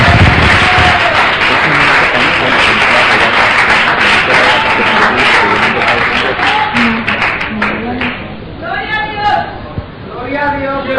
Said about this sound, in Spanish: Antes de seguir adelante, le voy a pedir a mi amada esposa que venga por acá un momentito. Mientras usted le da otro aplauso a Jesucristo.